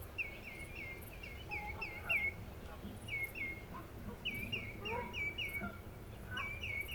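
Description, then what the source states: Common greenshank giving ringing 'tew-tew-tew' series in several bursts over a low rumbling background. Two or three birds calling while taking off for migration.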